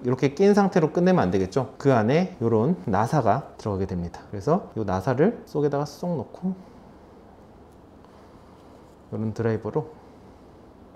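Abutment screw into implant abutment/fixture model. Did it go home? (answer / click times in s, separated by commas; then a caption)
no / none. Someone talks while a small abutment screw is dropped into the abutment on a dental implant demonstration model, ready to be tightened with a driver. During a pause in the talk, a faint tap is heard at about 8.1 s, then the talking resumes. Nothing has seated or clicked yet.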